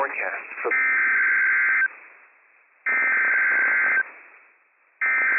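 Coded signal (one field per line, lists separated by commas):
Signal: Emergency Alert System (SAME) tones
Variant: header bursts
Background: speech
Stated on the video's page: Required Monthly Test for an earthquake drill, from the National Weather Service in Pendleton, Oregon, on NOAA weather radio station WWF56; real operational EAS tones.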